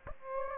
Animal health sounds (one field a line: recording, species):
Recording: mosquito wingbeat signal from an infrared sensor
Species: Aedes aegypti